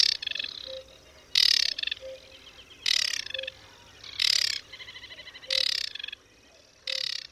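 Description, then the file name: Aquatic warbler song: loud grating rattles every second and a half or so, linked by softer chattering notes, over a steady low background hiss. "Wodniczka"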